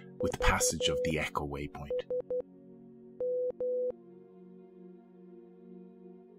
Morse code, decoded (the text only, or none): VSM